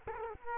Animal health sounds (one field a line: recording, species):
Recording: mosquito wingbeat signal from an infrared sensor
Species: Culex quinquefasciatus